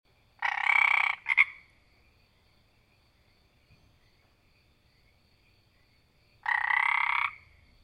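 Frog croaks: a long pulsed rasping croak followed by a short double note, then silence and a second long rattling croak about six seconds later.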